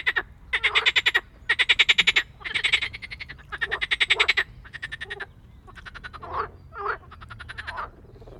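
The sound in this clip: Frog croaking in quick pulsed bursts, each a rapid rattle lasting under a second, repeated with short gaps and fading slightly toward the end.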